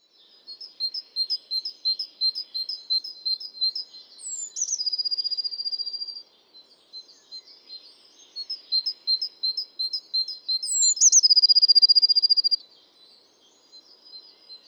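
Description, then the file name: Great tit call series: quick high paired chips repeated steadily, twice giving way to a falling whistle and a dry rapid churring trill lasting about one and a half to two seconds. "Parus major"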